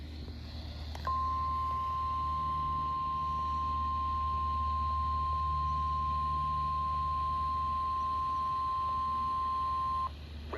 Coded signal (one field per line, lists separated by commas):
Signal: Emergency Alert System (SAME) tones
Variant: 1050 Hz attention tone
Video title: EAS #70: MLBs Noon RWT